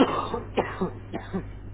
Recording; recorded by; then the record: voluntary cough; telephone call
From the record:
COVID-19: positive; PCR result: self-reported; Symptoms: no